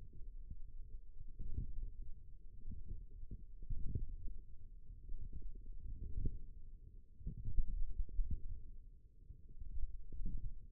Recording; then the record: forearm muscle sounds (acoustic myography)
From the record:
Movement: wrist flexion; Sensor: system 1, eight BSWA MPA416 microphones around the upper forearm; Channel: 3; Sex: female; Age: 21 years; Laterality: right